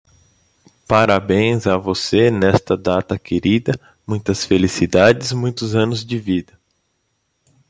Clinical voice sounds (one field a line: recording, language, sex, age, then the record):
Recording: short text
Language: Brazilian Portuguese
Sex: male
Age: 30 to 39 years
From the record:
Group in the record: control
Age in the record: 35 years